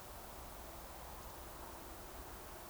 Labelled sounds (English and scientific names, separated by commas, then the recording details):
Eurasian Woodcock (Scolopax rusticola) whistle
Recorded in Baden-Württemberg, Germany, on 29 June 2020 at 02:34 UTC
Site 43791, 788 m above sea level